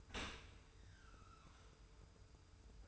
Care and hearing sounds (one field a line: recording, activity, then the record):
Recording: daily activity, microphone in the room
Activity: open dishwasher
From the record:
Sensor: 2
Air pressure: 991.2 hPa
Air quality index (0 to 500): 144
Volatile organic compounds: 307 ppm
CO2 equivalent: 4496 ppm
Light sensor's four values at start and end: 41/117/46/44 and 41/117/46/44